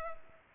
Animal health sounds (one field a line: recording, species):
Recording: mosquito wingbeat signal from an infrared sensor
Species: Culex pipiens